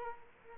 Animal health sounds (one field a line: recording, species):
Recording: mosquito wingbeat signal from an infrared sensor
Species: Culex quinquefasciatus